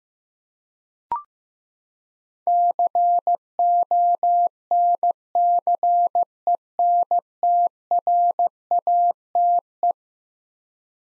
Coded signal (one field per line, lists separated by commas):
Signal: Morse code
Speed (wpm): 15 wpm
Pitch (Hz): 700 Hz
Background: none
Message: CONCENTRATE